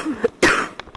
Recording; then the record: coughing mixed with background sound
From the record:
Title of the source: 31 night wet cough